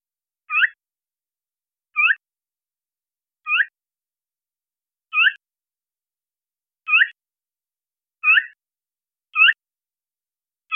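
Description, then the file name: Phainopepla calls, short rising whistled notes repeated about every one and a half seconds, eight times, against a silent background. "Phainopepla-ASU-Ask ABiologist"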